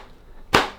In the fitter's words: and pushing it down until it clicks into place like so